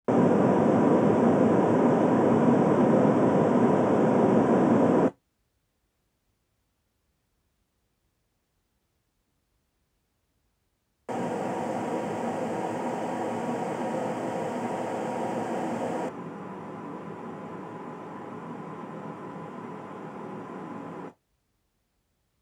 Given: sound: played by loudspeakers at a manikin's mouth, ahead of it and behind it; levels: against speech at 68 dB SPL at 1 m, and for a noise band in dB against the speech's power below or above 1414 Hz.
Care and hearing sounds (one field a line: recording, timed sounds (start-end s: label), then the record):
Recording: test signals for a remote microphone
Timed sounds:
0.08-5.08 s: speech-spectrum noise from the mouth, +10 dB
11.08-16.08 s: speech-spectrum noise from ahead, +10 dB
16.08-21.08 s: speech-spectrum noise from behind, +10 dB
From the record:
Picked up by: measurement microphone